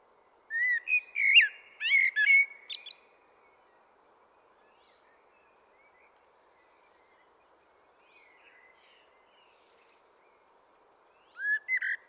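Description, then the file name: Common blackbird song with a mellow whistled phrase ending in thin high squeaks, a long quiet stretch with faint notes, then a new phrase begins. "Turdus merula"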